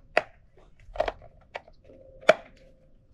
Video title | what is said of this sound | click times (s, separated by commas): Side Marker Lights on a Foxbody? - More Sh!tbox-Fox #innovation | there we go snapped into place | 2.3 s